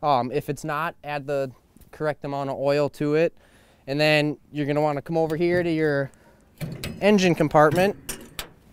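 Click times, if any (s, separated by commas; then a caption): 8.4 s. Someone talks while moving to an excavator's engine compartment, then unlatches the engine compartment cover. A sharp mechanical click at 8.4 s is the latch releasing and the cover opening.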